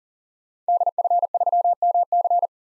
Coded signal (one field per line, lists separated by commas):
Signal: Morse code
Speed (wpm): 38 wpm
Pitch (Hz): 700 Hz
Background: none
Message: DF3MC